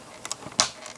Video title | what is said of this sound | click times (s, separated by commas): Tutorial (3 - 5) - LEGO Yellow School Bus: Body And Windows | until it snaps in place. | 0.6 s